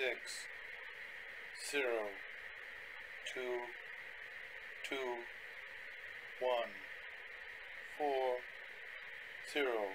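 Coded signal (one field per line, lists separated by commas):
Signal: numbers station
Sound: a voice reading single digits at an even pace, about six words over a steady whine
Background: electronic whine, hiss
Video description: Ever hear a numbers station come through on a baby monitor? You will now.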